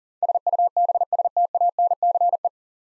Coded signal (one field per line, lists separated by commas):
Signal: Morse code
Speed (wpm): 43 wpm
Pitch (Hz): 700 Hz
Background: none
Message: SUBSTANCE